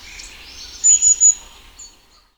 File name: Mésange-à-longue-queue